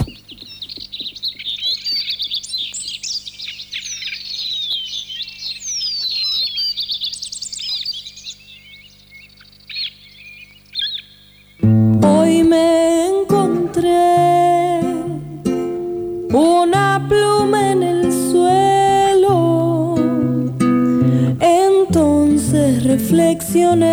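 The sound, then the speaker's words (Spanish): Bright bird chirps and tweets play over a low steady hum for about ten seconds, then a loud recorded song abruptly kicks in with full, dense instrumentation that carries on to the end. “Bueno, si te parece vamos a escucharla de paso para que los oyentes, los que no la conozcan, la escuchen y sepan un poco de qué estamos hablando todo esto.”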